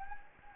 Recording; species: mosquito wingbeat signal from an infrared sensor; Anopheles gambiae